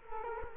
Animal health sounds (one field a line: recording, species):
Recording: mosquito wingbeat signal from an infrared sensor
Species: Culex quinquefasciatus